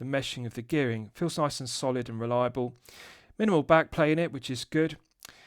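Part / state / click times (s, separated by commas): winding crown into watch case/movement stem detent / seated / 5.2 s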